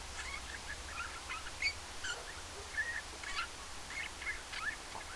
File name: Pyrrhula pyrrhula